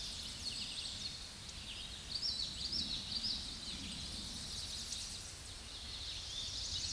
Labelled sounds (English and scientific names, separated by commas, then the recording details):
Common Yellowthroat (Geothlypis trichas) song
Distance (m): 45 m
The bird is about 15 m above the microphone
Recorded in a Pennsylvania forest on 16 May 2024 at 07:20
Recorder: AudioMoth, point MSD-0661
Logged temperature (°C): 15.8 °C
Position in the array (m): 29 m, 147 m